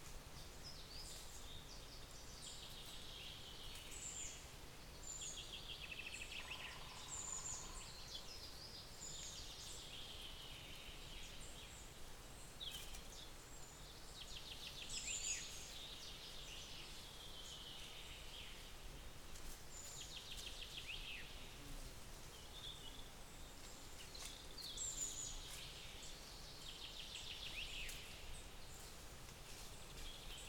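Birds call and trill repeatedly in a beech forest, bright chirps scattered throughout over a steady soft outdoor hiss, with a brief low tone near seven seconds.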